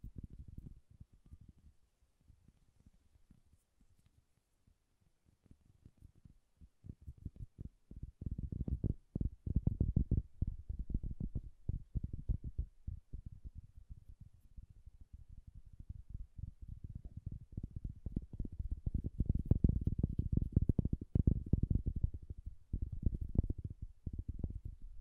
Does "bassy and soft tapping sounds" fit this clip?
yes